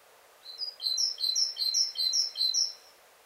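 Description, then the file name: Great tit calling: a rapid string of several high chirps lasting about two seconds. "Parus major"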